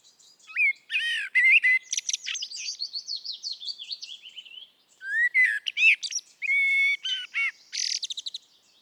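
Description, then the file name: Eurasian blackbird warbling, with fluted notes, squeaky high trills and chattering runs in two long, busy phrases. "Turdus merula"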